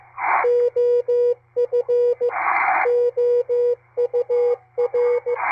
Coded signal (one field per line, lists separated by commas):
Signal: Morse code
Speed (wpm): 15 wpm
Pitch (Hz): 480 Hz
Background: radio noise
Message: OF OUR